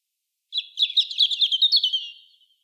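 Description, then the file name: European robin song, one rippling phrase of quick high warbled notes that wavers and then fades into a thin, drawn-out whistle. "Erithacus rubecula"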